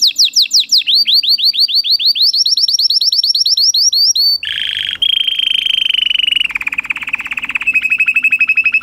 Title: Esquente Seu Filhote E Canario Belga Em 30 Minutos Macho Cantando Muito. Canary 's most powerful song for training